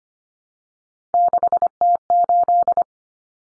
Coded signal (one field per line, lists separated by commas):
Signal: Morse code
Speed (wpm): 25 wpm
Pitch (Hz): 700 Hz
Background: none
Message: 6T8